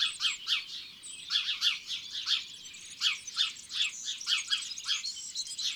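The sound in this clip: Sparrows chirping: many short repeated chirps in a steady chatter.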